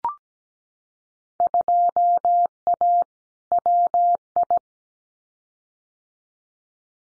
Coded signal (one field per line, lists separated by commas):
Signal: Morse code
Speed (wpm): 17 wpm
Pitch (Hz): 700 Hz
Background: none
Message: 2A WI